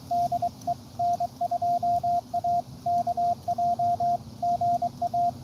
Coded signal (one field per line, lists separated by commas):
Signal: Morse code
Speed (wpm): 23 wpm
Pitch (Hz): 690 Hz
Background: radio noise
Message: DE N2AKJ GA